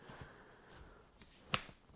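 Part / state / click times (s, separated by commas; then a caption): canopy locks into seat frame housings / seated / 1.2 s, 1.5 s. Both canopy locks on a Mockingbird Single to Double Stroller 2.0 are slid into the housings on the seat frame, one per side. A small click is heard at 1.2 s and a sharper, louder click at 1.5 s. Both locks click into their housings, and the canopy is seated.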